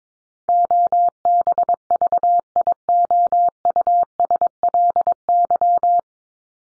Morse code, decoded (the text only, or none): OBVIOUSLY